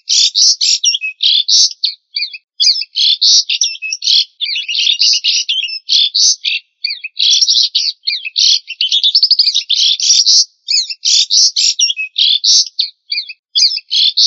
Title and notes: Master Burung Kicau. Masteran Burung Kicau Lengkap